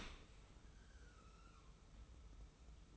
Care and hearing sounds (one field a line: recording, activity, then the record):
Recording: daily activity, microphone in the room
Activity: open dishwasher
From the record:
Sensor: 1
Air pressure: 991.3 hPa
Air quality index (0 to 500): 123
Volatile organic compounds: 252 ppm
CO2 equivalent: 4367 ppm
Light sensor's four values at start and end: 41/127/50/52 and 41/127/50/52